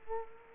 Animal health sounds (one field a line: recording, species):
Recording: mosquito wingbeat signal from an infrared sensor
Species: Culex quinquefasciatus